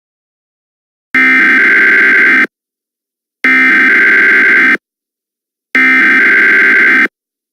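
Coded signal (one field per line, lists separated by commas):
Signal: Emergency Alert System (SAME) tones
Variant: header bursts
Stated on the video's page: Fictional EAS scenario.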